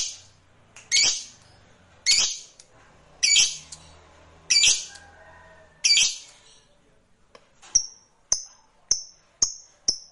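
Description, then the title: Lovebird giving harsh squawks about once a second, followed by a run of short, thin, high chirps. Fighter lovebird. "Begitu Dengar Suara Lovebird FIGHTER NGEKEK PANJANG"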